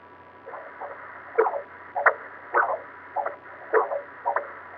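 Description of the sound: Heartbeat sounds from inside a sonogram (ultrasound) device: rhythmic whooshing pulses over a steady background hiss.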